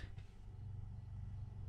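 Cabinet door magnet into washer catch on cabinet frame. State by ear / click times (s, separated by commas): not seated / none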